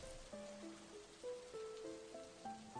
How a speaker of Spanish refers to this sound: Afuera llueve.